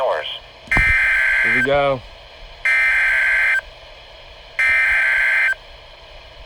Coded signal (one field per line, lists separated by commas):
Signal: Emergency Alert System (SAME) tones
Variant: header bursts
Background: speech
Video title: Severe T- storm watch #378 (EAS# 2) (7/16/20)